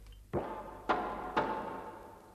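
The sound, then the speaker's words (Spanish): Three firm knocks on a dining room door, spaced a little over half a second apart, each a sharp thud followed by a short resonant ring, with no voices present. “Luego de un momento se oyen algunos golpes en la puerta del comedor.”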